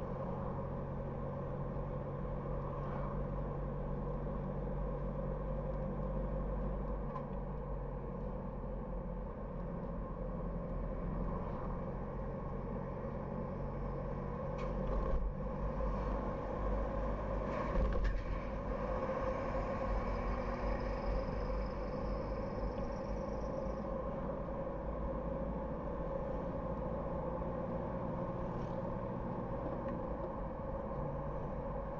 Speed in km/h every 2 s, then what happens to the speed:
49, 49, 50, 51, 45, 45, 47, 47, 52, 54, 53, 54, 57, 60, 64, 64.
0-10 steady at about 49. 10-32 speeds up to 64.